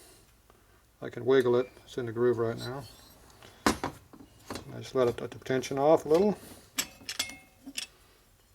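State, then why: Not seated. Someone talks while working on the steel valve keepers and spring retainer on a valve stem of a 1977 Harley XLCR 1000cc ironhead Sportster motor during a rebuild, easing tension off the spring compressor so the retainer can clamp the keepers into the stem groove. Light metallic taps and clinks of tool handling are heard between the speech. The clip ends before the part goes home, so nothing has seated yet.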